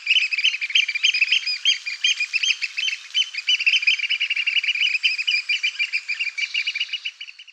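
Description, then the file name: Eurasian oystercatcher piping: a continuous rapid trill of loud, shrill piping notes, pulsing steadily throughout with little pause. "Strandskata"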